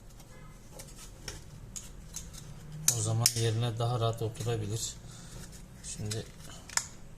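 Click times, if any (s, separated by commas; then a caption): 6.7 s, 6.8 s. A plastic wing/mechanism part is pressed into its housing while the inner wings and mechanism are reassembled. Someone talks over faint handling clicks, then two sharp hits at 6.7 s and 6.8 s mark the part snapping into place, and it is seated.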